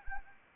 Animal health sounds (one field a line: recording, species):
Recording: mosquito wingbeat signal from an infrared sensor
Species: Anopheles arabiensis